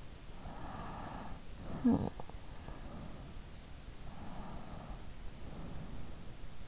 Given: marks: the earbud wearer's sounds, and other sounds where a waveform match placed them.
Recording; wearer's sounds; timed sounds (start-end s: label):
sounds in sleep by an in-ear microphone; breath, talking in sleep
0.30-1.42 s: breath
1.63-2.75 s: talking in sleep
3.89-6.44 s: breath